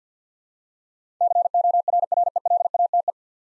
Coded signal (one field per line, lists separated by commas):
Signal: Morse code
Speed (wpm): 50 wpm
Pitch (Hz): 700 Hz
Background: none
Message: CORRELATE